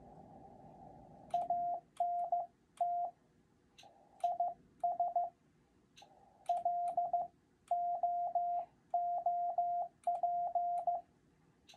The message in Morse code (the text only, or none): ANT IS LOOP